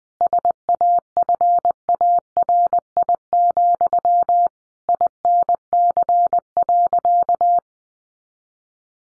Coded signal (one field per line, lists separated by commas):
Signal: Morse code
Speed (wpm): 20 wpm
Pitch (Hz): 700 Hz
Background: none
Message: SAFARI, INC.